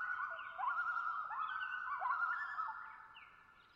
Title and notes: Common Loon - Gavia Immer - pair tremolo. Location: Long Lake, Talkeetna, AK